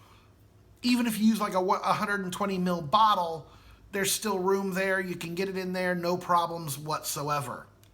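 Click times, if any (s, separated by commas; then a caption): none. Someone talks about the swing-up, toilet-seat style fill lid on the vape pod tank of an Uwell Valyrian V2 kit, noting there is room to fit a 120 ml bottle. The lid is being handled, but nothing has clicked shut or seated yet by the end of the clip.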